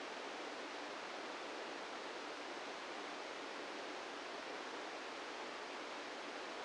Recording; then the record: brain microelectrode recording played as sound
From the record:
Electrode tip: outside the subthalamic nucleus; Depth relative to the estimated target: 1 mm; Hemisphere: right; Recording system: NeuroSet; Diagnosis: Parkinson's disease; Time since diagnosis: 17 years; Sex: male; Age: 64 years